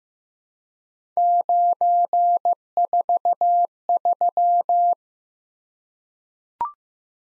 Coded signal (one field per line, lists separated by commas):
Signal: Morse code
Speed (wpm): 15 wpm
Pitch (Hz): 700 Hz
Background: none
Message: 943